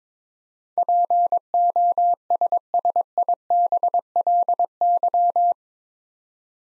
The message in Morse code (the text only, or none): POSSIBLY